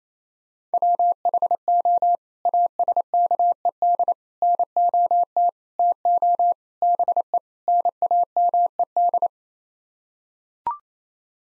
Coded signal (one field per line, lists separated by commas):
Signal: Morse code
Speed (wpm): 28 wpm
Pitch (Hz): 700 Hz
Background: none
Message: WHO ASKED NOT TO BE NAMED